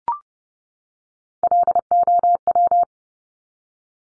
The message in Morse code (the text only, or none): LOW